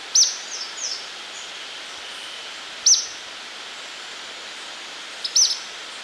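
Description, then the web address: Ornate flycatcher calls: short clusters of high, sharp notes repeated every two to three seconds, with a few softer trailing notes, over even background hiss. Ecuador. "Birds of Ecuador. Ornate Flycatcher"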